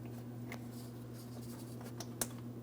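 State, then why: Seated. The second wiring harness connector is pressed into the fuel pump assembly port on a 2007-2014 GMC Sierra 2500 HD 6.0L V8 during a fuel tank lock ring replacement. Over a steady low hum, faint ticks at 0.5 s and 2.0 s lead to a sharp, bright click at 2.2 s. The connector is seated and does not move when checked.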